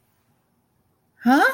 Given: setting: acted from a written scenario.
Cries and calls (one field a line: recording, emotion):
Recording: vocal sound without words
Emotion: confusion